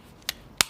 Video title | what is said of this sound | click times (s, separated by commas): Google Pixel Buds Review - Happy Vibes - 2022 | it's got this satisfying snap shut with the magnets and the hinge | 0.6 s